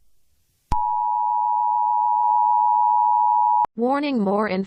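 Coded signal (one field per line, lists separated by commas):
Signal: Emergency Alert System (SAME) tones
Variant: 853 and 960 Hz attention tone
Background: speech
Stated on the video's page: Fictional EAS scenario.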